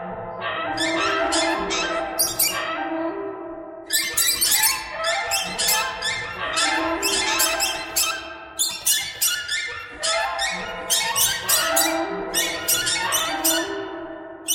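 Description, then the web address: Birds squawking and chattering constantly, loud harsh calls stacked over one another with short rhythmic peaks throughout. "soundfactory birds"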